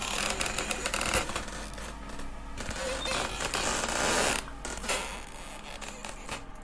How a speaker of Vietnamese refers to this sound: Tiếng then gỗ di chuyển rít vào cánh cửa gỗ, lét ca lét két, kỳ quái.